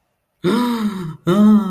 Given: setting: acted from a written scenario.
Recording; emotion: vocal sound without words; positive surprise